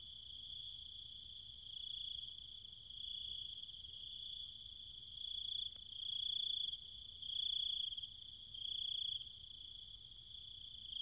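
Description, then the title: Cicadas calling in a night insect chorus: fast pulsing shrill trill while a lower buzzing drone swells and fades in repeated bursts, growing louder toward the end. Cicadas and other insects calling at night in trees and fields, Chiang Mai, Thailand. "Cicada countryside, Thailand"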